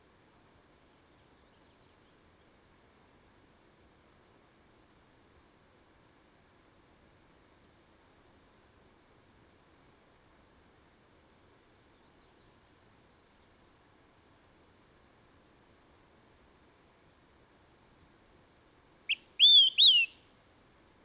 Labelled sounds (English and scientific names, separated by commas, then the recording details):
Olive-sided Flycatcher (Contopus cooperi) song
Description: Olive-sided Flycatcher song recorded in Upper Beaver Meadows in Rocky Mountain National Park
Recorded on 31 May 2017